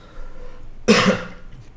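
One short, harsh cough or throat-clearing burst from an adult man, with faint room noise before and after.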